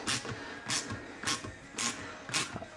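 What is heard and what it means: During a Datsun truck kingpin rebuild, metal puller screws threaded into a part are pulling it out of the steering spindle, with bursts of broadband scraping and creaking about every half second. At 2.3 s a sharp, short hit marks the puller screws stripping out of their threads.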